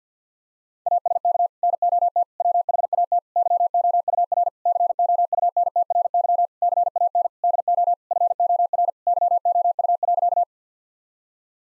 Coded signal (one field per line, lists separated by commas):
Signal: Morse code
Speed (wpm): 50 wpm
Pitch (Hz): 700 Hz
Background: none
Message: ASK NOT WHAT YOUR COUNTRY CAN DO FOR YOU.